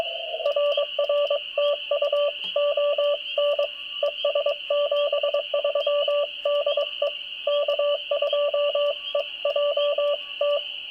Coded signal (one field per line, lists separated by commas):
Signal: Morse code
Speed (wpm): 22 wpm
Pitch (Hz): 1160 Hz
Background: radio noise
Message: RR TU ON ES 73 DE K2EJT